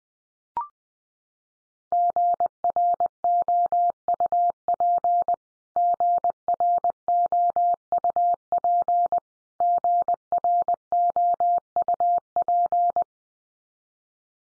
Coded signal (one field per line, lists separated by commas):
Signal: Morse code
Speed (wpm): 20 wpm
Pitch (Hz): 700 Hz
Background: none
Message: GROUP GROUP GROUP